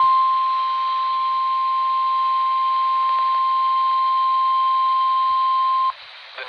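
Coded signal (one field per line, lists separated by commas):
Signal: Emergency Alert System (SAME) tones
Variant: 1050 Hz attention tone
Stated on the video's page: NOAA Weather Radio transmitter on 162.550 MHz from Paris Mountain, SC, received about 88 miles away on a RadioShack 12-254 weather radio.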